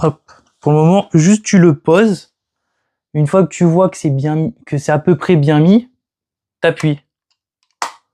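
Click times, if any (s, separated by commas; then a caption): 7.8 s. A plastic part of a Grendizer/Spaizer toy robot figure, first set roughly in position, is pressed home into the figure while someone talks. It seats with a sharp click at 7.8 s.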